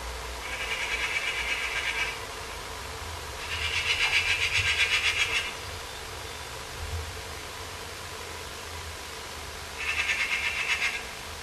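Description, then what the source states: Eurasian magpie chattering in three harsh rattling bursts, each one to two seconds long, separated by pauses, over a low steady background hum. Recorded at a nest box on 22 May 2005 at 14:33.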